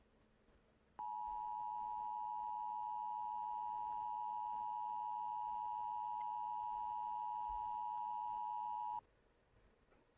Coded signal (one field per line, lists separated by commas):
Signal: Emergency Alert System (SAME) tones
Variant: 853 and 960 Hz attention tone